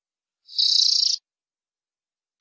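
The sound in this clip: Canary singing a short rapid trill of high notes lasting under a second, followed by silence and the start of another note at the end.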